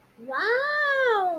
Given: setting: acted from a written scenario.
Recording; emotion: vocal sound without words; positive surprise